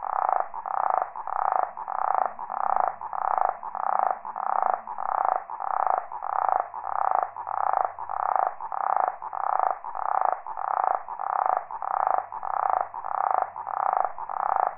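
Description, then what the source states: Insect calling in a steady series of loud, rasping pulses, repeated evenly throughout. Recorded on Upolu.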